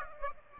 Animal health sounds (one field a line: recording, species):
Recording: mosquito wingbeat signal from an infrared sensor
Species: Aedes aegypti